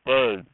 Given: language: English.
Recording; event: throat vibration sensor signal played as sound; speech